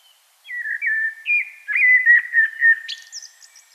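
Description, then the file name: Common blackbird song phrase, mellow fluty whistles wavering around one pitch, ending in a sudden thin high squeaky flourish. "Turdus merula"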